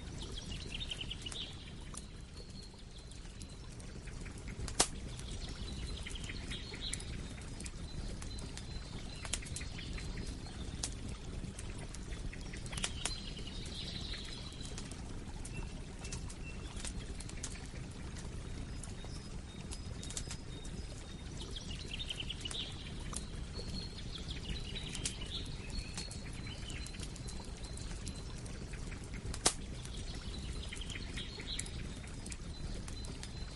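A forest fire roars low and steady, with sharp crackles and pops every few seconds while birds call repeatedly in the background.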